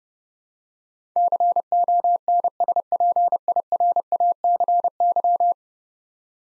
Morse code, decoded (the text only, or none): CONSPIRACY